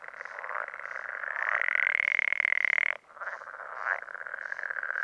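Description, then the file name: Pool frog call, a rapid pulsed rattle building into a louder, drawn-out buzzy trill that stops abruptly, then softer croaking resumes. "life dviete. pelophylax lessonae"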